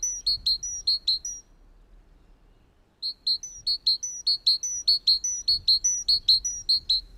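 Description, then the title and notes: Great tit singing, bright two-note phrases repeated rapidly, a short burst then a pause and a longer run of the same see-saw notes. "Talitiainen."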